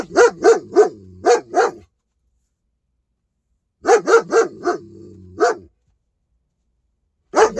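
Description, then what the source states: Domestic dog barking in bursts: five sharp barks in quick succession, a pause of about two seconds, then another run of barks over a low droning tone, and more barks at the end. Dog named King.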